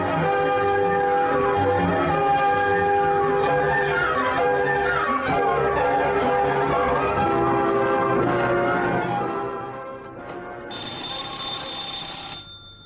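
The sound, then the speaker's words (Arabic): The doorbell of an apartment rings with a long, loud run of layered chiming bell tones, then pauses briefly before a shorter, steady high-pitched ring. No one speaks. “اطلع احسن اضرب الجرس اشوف اللي جوه ايه.”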